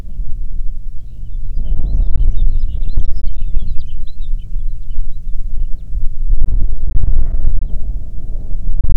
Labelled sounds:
songbird, wind
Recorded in the Prudhoe Bay oil fields, Alaska, on 5 June 2019 at 13:03
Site 16

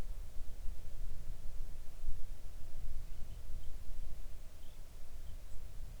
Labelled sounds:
songbird
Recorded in the Arctic National Wildlife Refuge, Alaska, on 3 August 2019 at 05:37
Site 41

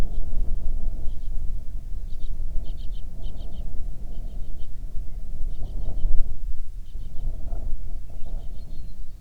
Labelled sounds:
bird, wind
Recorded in the Prudhoe Bay oil fields, Alaska, on 9 June 2019 at 17:00
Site 21

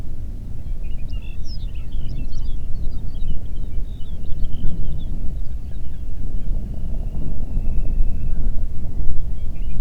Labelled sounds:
songbird, wind
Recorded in the Prudhoe Bay oil fields, Alaska, on 8 June 2019 at 04:40
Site 30

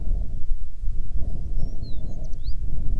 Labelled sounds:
songbird, wind
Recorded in the Prudhoe Bay oil fields, Alaska, on 9 June 2019 at 16:17
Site 21

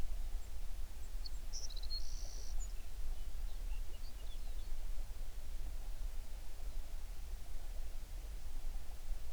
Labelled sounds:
songbird
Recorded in the Prudhoe Bay oil fields, Alaska, on 11 June 2019 at 05:27
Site 21

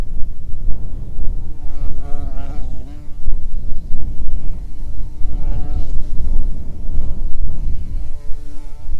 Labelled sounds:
bird, wind, insects
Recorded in the Prudhoe Bay oil fields, Alaska, on 9 June 2019 at 17:23
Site 21

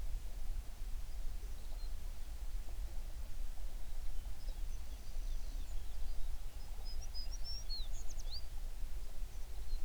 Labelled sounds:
songbird
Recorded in the Prudhoe Bay oil fields, Alaska, on 11 June 2019 at 04:31
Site 21

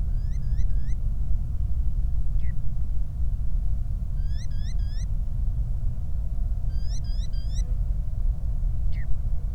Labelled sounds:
bird, flare stack
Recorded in the Prudhoe Bay oil fields, Alaska, on 8 July 2019 at 00:02
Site 25

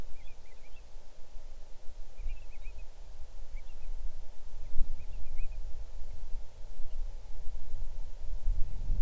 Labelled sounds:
bird, wind
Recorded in the Arctic National Wildlife Refuge, Alaska, on 6 July 2019 at 00:36
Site 39

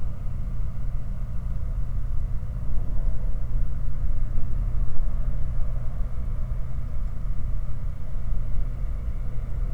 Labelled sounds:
truck, machinery
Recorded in the Prudhoe Bay oil fields, Alaska, on 15 July 2019 at 03:28
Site 29

